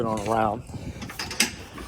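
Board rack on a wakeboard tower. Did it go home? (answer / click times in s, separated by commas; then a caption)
yes / 1.4 s. Someone talks as a board rack on the wakeboard tower of a 2014 MasterCraft X-30 wakeboard and wake surf boat is swung into position, with a softer mechanical rattle at 1.2 s. The rack locks in with a sharp ratcheting mechanical clack at 1.4 s, seating the latch.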